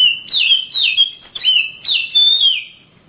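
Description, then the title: Oriental magpie-robin in full song, a quick series of loud whistles, each sliding down in pitch. Singing birds of the Kalimantan and Sumatra types, described as champion (juara), master birds in active, energetic song (gacor). "Kicau Kacer Juara Master Kalimantan Sumatra Gacor"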